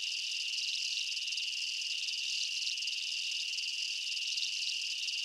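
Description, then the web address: Chorus of insects giving continuous high chirps, a sustained shrill note with quick rhythmic pulsing layered on top. Night ambience in a jungle, insects and bugs chirping. "Blastwave INSECTS Amb Night Jungle BU. ambience insects chirps night jungle bugs"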